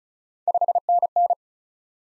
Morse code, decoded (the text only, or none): 5NN